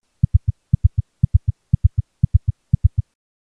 Summation Gallop at 120 beats per minute.